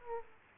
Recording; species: mosquito wingbeat signal from an infrared sensor; Aedes aegypti